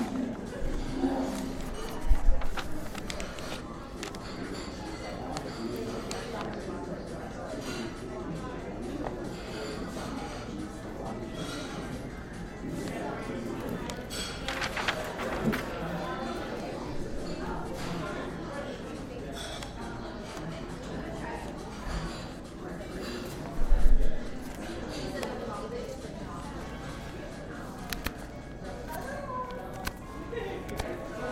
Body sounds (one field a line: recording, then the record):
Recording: background sound without coughing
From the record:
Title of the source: 60 minutes of coffee shop sounds for study and concentration